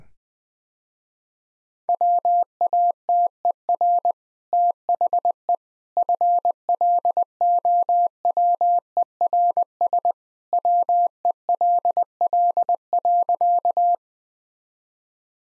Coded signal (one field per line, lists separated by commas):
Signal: Morse code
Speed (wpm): 20 wpm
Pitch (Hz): 700 Hz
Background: none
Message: WATER THE FLOWERS WELL.